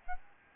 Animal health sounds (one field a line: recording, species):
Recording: mosquito wingbeat signal from an infrared sensor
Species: Aedes albopictus